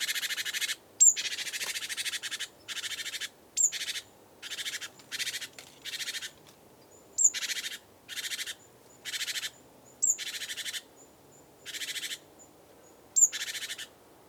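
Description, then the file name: Great tit scolding with harsh buzzy rattles repeated roughly every second, each under a second long, with occasional thin, sharp high notes over them. "Parus major"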